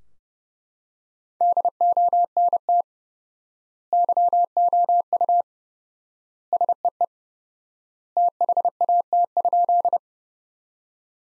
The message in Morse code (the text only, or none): DONT YOU SEE THAT?